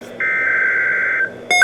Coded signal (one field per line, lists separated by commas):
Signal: Emergency Alert System (SAME) tones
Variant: header bursts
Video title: Tornado Watch #146 (EAS #2,227) - April 24, 2020